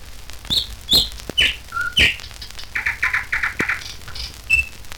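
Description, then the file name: Nightingale singing a varied phrase of high whistles, a low pure note and sharp clicks, then a quick string of rattling repeated notes. "Solovei s natury"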